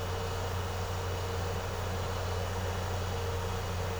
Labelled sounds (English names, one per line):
none